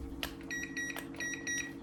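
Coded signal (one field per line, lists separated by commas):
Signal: none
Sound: thermometer beeps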